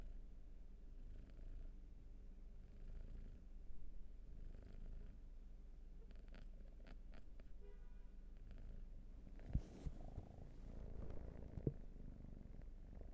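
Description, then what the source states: Cat purring, a quiet low rumble with gentle breath swells, interrupted later by a few clicks and rustling movements. Purring; raw field recording.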